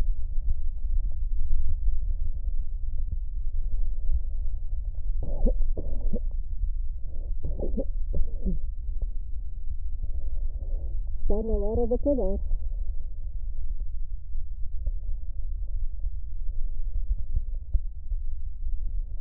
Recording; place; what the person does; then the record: lung sounds by stethoscope; left posterior basal chest; quiet breathing, then cough and speech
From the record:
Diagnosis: interstitial lung disease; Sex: female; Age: 60 years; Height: 152 cm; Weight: 55.9 kg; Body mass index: 24.2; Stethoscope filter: extended mode